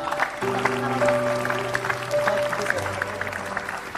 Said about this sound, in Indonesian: Silakan kita berikan tepuk tangan, Pak.